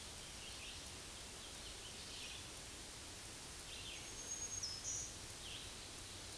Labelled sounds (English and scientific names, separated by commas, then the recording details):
Black-throated Green Warbler (Setophaga virens) song
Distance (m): 30 m
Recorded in a Pennsylvania forest on 18 May 2023 at 07:27
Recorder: AudioMoth, point grid1_6_low
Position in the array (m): 173 m, 61 m